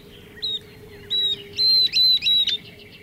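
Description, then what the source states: Northern Beardless-Tyrannulet singing a run of thin, high, clear whistled notes at a steady pitch, first two spaced apart, then three quick notes together; faint background hum. Singing along a dry, sandy arroyo with mesquite, yucca and cactus in the desert southwest.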